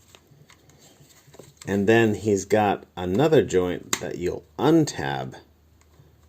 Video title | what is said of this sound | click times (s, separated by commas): Transformers Studio Series Grimlock Review | when you straighten his elbow out all the way this tab here comes into play and clicks into place | 0.1 s